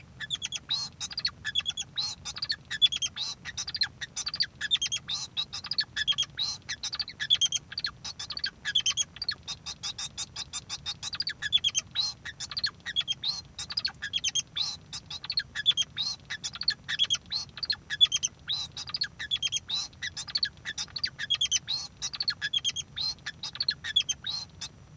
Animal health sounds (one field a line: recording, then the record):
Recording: song of a male Bengalese finch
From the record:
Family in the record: son of father 2